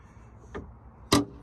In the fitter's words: that unlocks it.